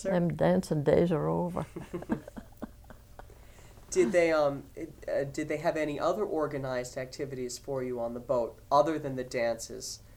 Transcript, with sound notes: Them dancing days are over. (they laugh)
Did they have any other organized activities for you on the boat other than the dances?